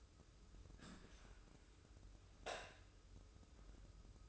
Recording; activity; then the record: daily activity, microphone in the room; open dishwasher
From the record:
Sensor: 2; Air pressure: 995.7 hPa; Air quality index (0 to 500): 96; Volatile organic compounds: 5 ppm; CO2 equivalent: 1774 ppm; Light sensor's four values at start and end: 25/81/32/31 and 25/81/32/31